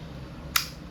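A gas magazine is pushed back into the grip of a silver WE Airsoft 2011 Hi-Capa T-Rex semi-auto airsoft pistol, after the slide locked back on the empty magazine and it was released first. A single sharp click at 0.6 s is heard over a quiet background. The magazine seats.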